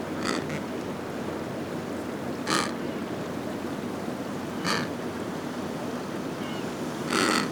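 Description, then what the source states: Penguin calling in four short, harsh bursts over steady surf and wind noise. Recorded at Brown Bluff, Antarctica.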